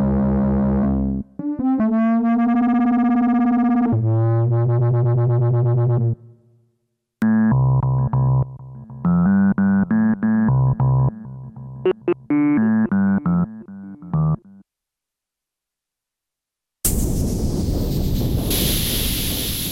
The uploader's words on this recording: Some of my own XW-G1 Solo-synth sounds.